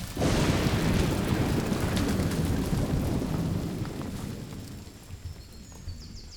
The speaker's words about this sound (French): Des générations d'hommes et de femmes s'y sont rendus en procession les années de sécheresse, implorant ses capacités surnaturelles à déclencher un formidable orage.